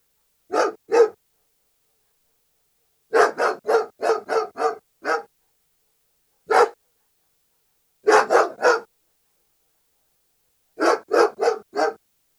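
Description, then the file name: German Shepherd delivering rapid strings of barks, up to seven in a row, with a lone bark and short breaks, on a quiet background. "Het blaffen van een Duitse herder - Sound Cloud - Beeld en Geluid"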